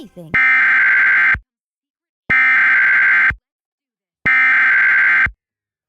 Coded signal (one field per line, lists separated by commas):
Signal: Emergency Alert System (SAME) tones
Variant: header bursts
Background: speech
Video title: Zoo Disaster II (EAS Scenario)